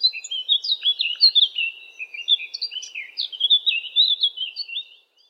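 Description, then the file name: Eurasian blackcap singing a continuous, fast warble of mixed chattering and rich whistled notes, loudest in bursts, ending abruptly after about five seconds. "zwartkop zang"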